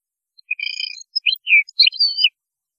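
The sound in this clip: European goldfinch song, a short phrase of high twittering notes with a drawn-out buzzy trill and sliding whistles.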